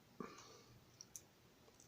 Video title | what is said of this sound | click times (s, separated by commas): How to modernize a classic old desk lamp | help these in until they click and they you can see a little latch there | 1.0 s, 1.2 s